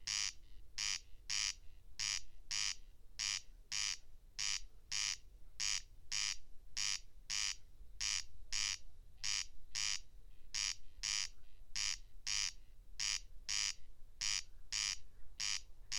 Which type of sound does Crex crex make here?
song